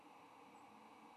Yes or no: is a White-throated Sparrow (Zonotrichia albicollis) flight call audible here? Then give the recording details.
no. Another species' flight call is heard. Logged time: 08:08 on 15 November 2014